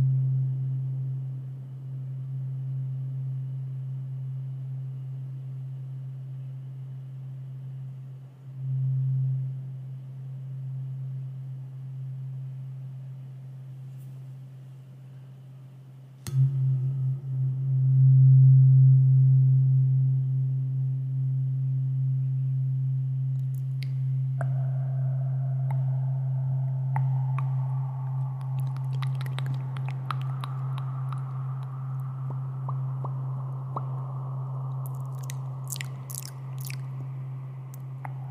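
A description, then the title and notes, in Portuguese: A low, steady tuning-fork hum runs through the whole recording, swelling louder at about 9 seconds and again from 16 to 20 seconds after a sharp strike. From around 24 seconds, higher ringing tones and small wet mouth clicks layer on top, growing busier toward the end. ASMR intenso com sons de boca e diapasão, um instrumento utilizado em testes medicinais que emitem frequências utilizadas como terapia alternativa para muitas situações.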